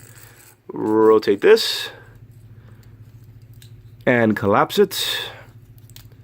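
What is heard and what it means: A plastic limb section of a Transformers Revenge of the Fallen Deluxe Deep Desert Brawl toy robot figure is rotated and collapsed toward the figure's body while someone talks, with faint small handling taps between the speech. Nothing has seated or clicked into place yet.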